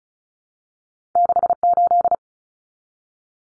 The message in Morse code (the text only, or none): 68